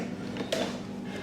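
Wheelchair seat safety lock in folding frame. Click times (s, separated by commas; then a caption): 0.5 s. A folded EVOX WC-107C carbon fiber wheelchair is unfolded: the frame is laid flat and the seat is pressed down until the seat safety lock in the folding frame engages. A small knock at 0.4 s is followed by a sharper click at 0.5 s as the lock clicks home and the seat is locked.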